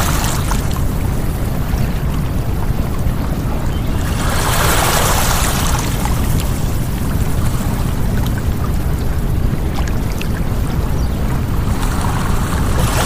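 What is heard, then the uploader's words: A steady, deep rumbling hiss of brown noise fills the whole stretch, holding an even level throughout. Over it, lakeside water washes in, with a brighter splash of a wave swelling around the four-to-six-second mark and another gentler one near the end. Lakeside Waves & Warm Brown Noise.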